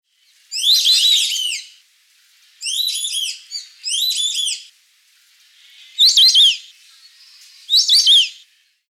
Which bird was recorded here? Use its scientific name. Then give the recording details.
Dendrocygna viduata. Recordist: Tembrock, Günter. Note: Lautfolgen